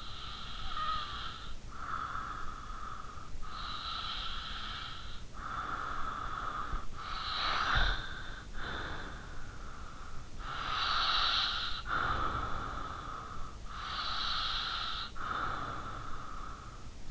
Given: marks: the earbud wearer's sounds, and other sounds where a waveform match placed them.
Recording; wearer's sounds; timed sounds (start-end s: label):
sounds in sleep by an in-ear microphone; breath, snoring breath
0.00-6.94 s: breath
6.94-10.10 s: snoring breath
10.10-16.99 s: breath